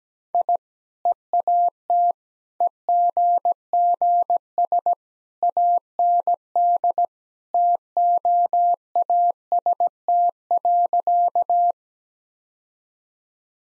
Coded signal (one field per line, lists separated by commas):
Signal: Morse code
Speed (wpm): 17 wpm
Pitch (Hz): 700 Hz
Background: none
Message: I EAT EGGS AND TOAST.